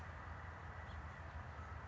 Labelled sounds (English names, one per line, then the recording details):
House Finch
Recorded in Sonoma County, California